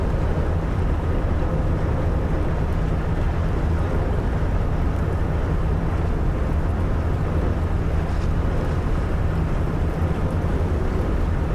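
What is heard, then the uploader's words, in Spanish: A ship's engines drone steadily, a deep, dense rumble with a low hum that holds without a break for the whole stretch. Rushing water and churn fill the middle above it, and a faint brief hiss rises near the eight-second mark. Un rompehielos navegando por el helado mar Báltico cerca de la mágica Laponia finlandesa. Escucha el zumbido rítmico de los motores del barco mientras cortan las aguas heladas.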